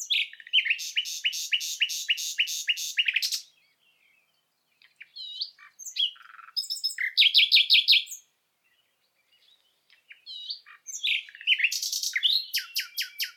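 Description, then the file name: Common nightingale song: loud fast repeated notes, then pauses between varied phrases of whistles, clicks and trills, ending with another rhythmic repeated series. "Luscinia megarhynchos"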